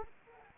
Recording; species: mosquito wingbeat signal from an infrared sensor; Anopheles arabiensis